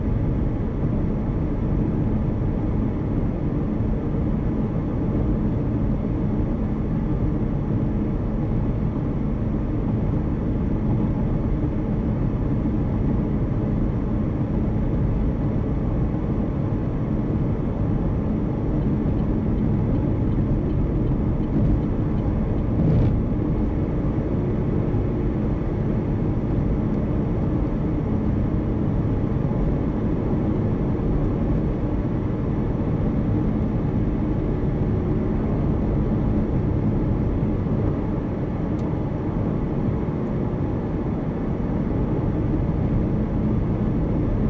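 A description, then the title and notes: A steady, dense road roar from inside a vehicle driving on the motorway, heavy in the low end with a continuous rumble and hiss. The level barely changes over the whole stretch, with a brief sharp tick around the middle. Driving on the motorway. Internal car ambience. Usage of car indicators.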